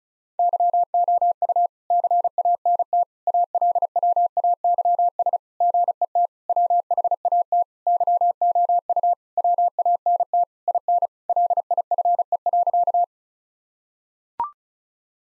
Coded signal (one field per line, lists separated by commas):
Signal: Morse code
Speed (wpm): 34 wpm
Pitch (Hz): 700 Hz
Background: none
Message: YOU CANT ALWAYS GET WHAT YOU WANT IN LIFE.